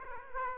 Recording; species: mosquito wingbeat signal from an infrared sensor; Aedes aegypti